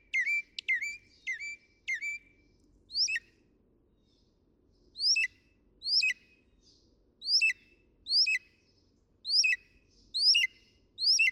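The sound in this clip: Northern mockingbird song: a few varied whistles, then a sharp upswept note repeated several times.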